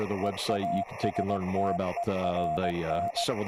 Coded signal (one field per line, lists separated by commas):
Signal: Morse code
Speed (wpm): 18 wpm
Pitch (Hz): 690 Hz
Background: speech, radio noise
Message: EASTERN